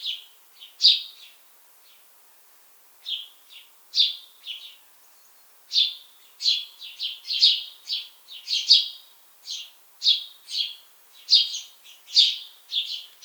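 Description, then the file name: House sparrow chirping steadily, a dense stream of repeated harsh notes after a brief early lull. "Passer domesticus"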